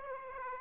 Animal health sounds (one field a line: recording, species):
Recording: mosquito wingbeat signal from an infrared sensor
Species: Aedes aegypti